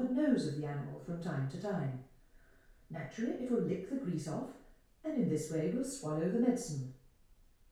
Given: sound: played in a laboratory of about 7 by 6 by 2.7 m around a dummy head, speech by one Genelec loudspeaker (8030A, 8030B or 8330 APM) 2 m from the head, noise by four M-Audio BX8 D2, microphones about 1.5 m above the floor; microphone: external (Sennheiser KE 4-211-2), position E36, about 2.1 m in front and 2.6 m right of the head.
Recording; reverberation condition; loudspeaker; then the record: female speech in English; medium; in front (0 degrees)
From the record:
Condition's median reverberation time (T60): about 510 ms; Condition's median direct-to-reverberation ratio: about -0.5 dB